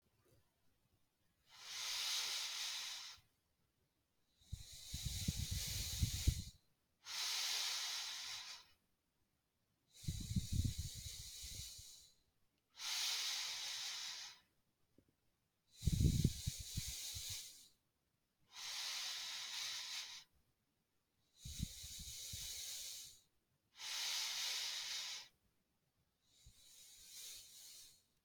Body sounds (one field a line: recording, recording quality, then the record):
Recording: deep breathing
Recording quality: excellent, no background noise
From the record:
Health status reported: healthy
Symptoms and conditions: none ticked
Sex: male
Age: 47 years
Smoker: not ticked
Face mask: not worn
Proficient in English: yes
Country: India